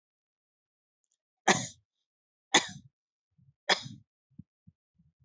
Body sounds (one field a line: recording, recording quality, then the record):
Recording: heavy voluntary cough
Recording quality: excellent, no background noise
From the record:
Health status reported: healthy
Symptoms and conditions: none ticked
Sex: male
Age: 23 years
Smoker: not ticked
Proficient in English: yes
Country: India